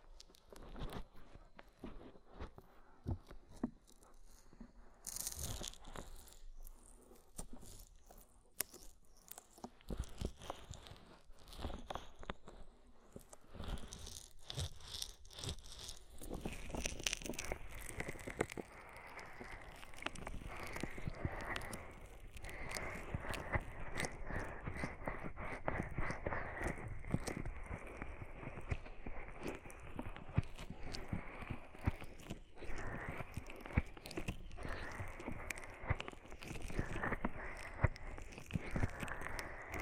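Ear massage with oil and foam: dense wet crackling and rubbing, sparse at first, growing steadier and fuller after about fifteen seconds.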